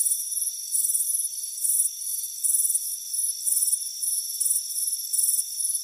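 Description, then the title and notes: Busy cricket chirping with quick pulsed bursts several per second, some louder than others, over an unbroken shrill drone. Crickets chirping on a warm afternoon by a front porch with a hammock. "Soothing Crickets Chirping Sound. It's a warm afternoon as you relax in a hammock on the front porch. Relax and fall asleep to the soothing sound of chirping crickets"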